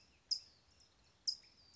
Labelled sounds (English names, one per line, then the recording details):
California Towhee
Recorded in Sonoma County, California